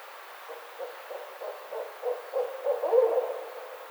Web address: Barred Owl 2009 05 29 Barred Owl